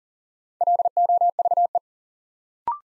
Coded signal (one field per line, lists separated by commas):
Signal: Morse code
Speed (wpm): 42 wpm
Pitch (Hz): 700 Hz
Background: none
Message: LOVE